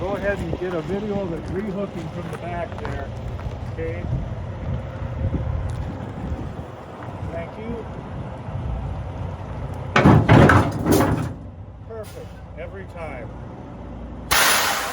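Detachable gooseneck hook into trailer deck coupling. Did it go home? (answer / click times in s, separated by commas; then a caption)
yes / 10.0 s. A TRAIL-EZE TE110DGL hydraulic detachable gooseneck is backed in over engine rumble and rehooked onto the lowboy trailer deck while someone talks. A sharp metallic clunk at 10.0 s marks the steel hook engaging, followed by further knocks. The gooseneck is latched and locked into place.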